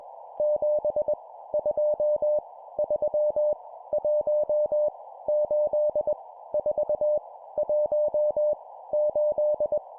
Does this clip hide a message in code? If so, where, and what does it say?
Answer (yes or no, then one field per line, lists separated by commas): yes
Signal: Morse code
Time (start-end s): 0.4-9.8 s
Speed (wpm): 21 wpm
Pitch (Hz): 600 Hz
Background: none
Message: 7 2 3 1 8 4 1 8